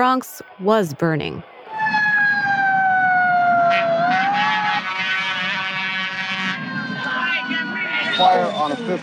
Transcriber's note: sounds of sirens